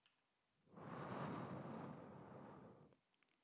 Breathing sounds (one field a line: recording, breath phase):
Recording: one breath near a microphone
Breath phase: exhalation